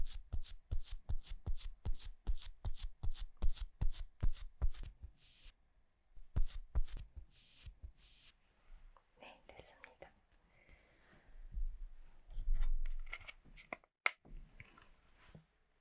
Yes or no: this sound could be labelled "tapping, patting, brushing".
yes